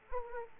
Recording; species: mosquito wingbeat signal from an infrared sensor; Aedes aegypti